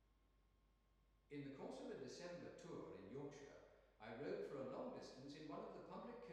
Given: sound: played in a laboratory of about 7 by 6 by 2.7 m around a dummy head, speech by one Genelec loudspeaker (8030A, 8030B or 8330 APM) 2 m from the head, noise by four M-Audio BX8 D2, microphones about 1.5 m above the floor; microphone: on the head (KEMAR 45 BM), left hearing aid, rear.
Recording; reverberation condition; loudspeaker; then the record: male speech in English; high; in front (0 degrees)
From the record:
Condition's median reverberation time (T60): about 1300 ms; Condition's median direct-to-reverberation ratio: about -4.0 dB